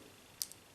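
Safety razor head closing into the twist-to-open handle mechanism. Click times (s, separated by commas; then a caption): 0.4 s. A twist-to-open safety razor's knob is twisted closed to re-tighten the head, which had worked slightly loose during shaving. The mechanism snaps shut with a sharp, high-pitched click at 0.4 s, followed by a fainter tick at 0.5 s, and the head is seated tight.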